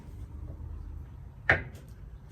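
The metal shift shaft in the lower unit gearcase of a Honda 225 outboard is turned by hand until it drops into the neutral detent. Over a low, steady background hum, a single sharp click sounds at 1.5 s. The shaft has seated in neutral.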